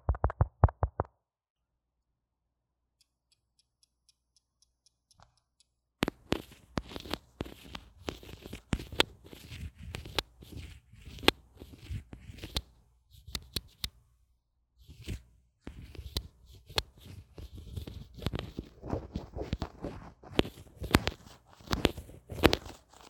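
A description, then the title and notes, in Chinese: A line microphone is handled and fiddled with: brief knocks at the start, quiet faint ticking, then dense irregular scraping, rubbing and tapping with short pauses. ASMR 各種玩弄線麥!!(小刺激慎入) | Lo-fi Earphone Mic | No Talking。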